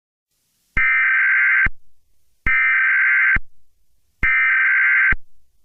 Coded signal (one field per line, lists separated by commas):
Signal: Emergency Alert System (SAME) tones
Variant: header bursts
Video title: EAS Scenario #42: Volcanic Havoc